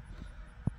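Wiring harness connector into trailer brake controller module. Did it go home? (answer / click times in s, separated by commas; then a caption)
yes / 0.7 s. A wiring harness connector is plugged into the trailer brake controller module in the dash of a 2021 F150 pickup. Over a low background rumble, a single sharp click at 0.7 s shows the connector seating.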